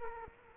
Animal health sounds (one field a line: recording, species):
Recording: mosquito wingbeat signal from an infrared sensor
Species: Culex quinquefasciatus